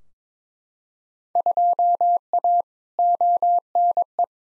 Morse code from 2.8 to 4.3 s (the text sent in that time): ONE